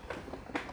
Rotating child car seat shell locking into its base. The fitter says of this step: back in, you have your green indicator to say, yep, that's clicked. And I like the fact there's a solid click